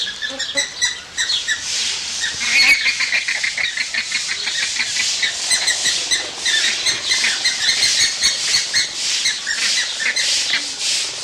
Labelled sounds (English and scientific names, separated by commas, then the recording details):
James's Flamingo (Phoenicoparrus jamesi) call
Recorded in captivity
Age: adult
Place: Zoo Berlin, Berlin, DE
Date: 1987-07-02 11:25
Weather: sunny, 20°C
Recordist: Tembrock, Günter